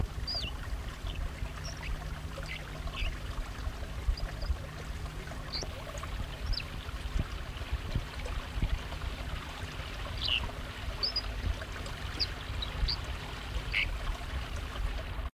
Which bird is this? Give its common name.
White-throated Dipper